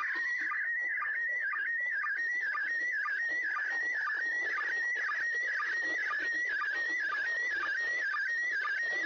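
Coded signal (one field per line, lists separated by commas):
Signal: SSTV (slow-scan television)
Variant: PD 120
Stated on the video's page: SSTV image from the ISS during Expedition 63, received in grid square OI91ik.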